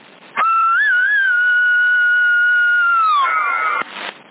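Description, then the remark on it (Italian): A steady, slightly wavering whistle tone comes through a narrow, crackly CB radio channel in Sassari, October 2007, for about three seconds. It is framed by sharp squelch bursts at the start and end. “Che ti ho ricevuto avanti il fischio”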